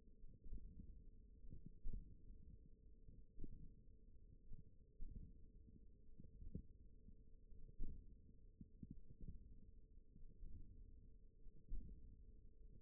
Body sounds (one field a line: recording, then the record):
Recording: forearm muscle sounds (acoustic myography)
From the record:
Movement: hand opening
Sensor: system 1, eight BSWA MPA416 microphones around the upper forearm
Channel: 1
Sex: female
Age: 20 years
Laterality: right